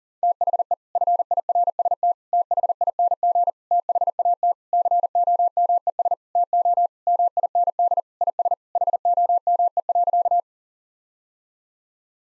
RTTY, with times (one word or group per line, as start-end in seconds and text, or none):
none